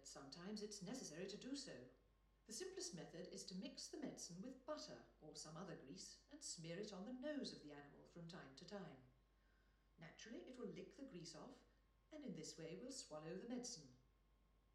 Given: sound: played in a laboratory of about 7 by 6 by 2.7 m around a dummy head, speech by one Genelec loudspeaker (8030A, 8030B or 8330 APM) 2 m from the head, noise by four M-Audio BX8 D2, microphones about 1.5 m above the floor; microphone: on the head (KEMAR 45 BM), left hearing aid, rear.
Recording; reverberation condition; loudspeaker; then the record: female speech in English; medium; 150 degrees to the left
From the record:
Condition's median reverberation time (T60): about 510 ms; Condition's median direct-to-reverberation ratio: about -0.5 dB